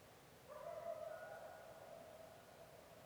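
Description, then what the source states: Coyote howling, a long steady drawn-out note with a fainter higher overtone. Coyotes recorded in Yellowstone in 2021.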